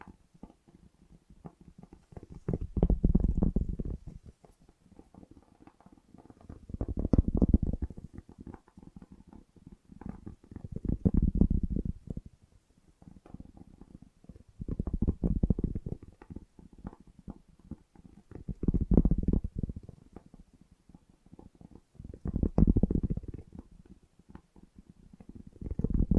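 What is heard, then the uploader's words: Fast tapping, a dense run of quick light hits that never stops. It swells and fades in regular waves, peaking about every four seconds, with quieter stretches in between. The taps sound dull and low, with little brightness on top. FAST TAPPING (No Talking).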